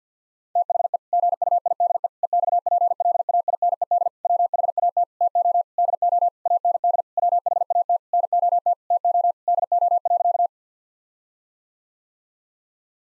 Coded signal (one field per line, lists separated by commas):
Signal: Morse code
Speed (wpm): 50 wpm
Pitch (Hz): 700 Hz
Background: none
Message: THE GUIDE EXPLAINED WHAT TO DO AND WHAT NOT TO DO.